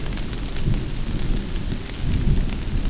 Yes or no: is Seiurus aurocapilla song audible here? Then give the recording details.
no. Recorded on 24 June 2016 at 07:22. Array SBT-6-76